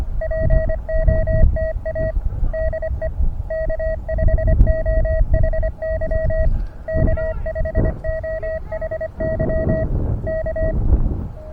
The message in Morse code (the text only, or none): POTA DE K5OHY K5OHY K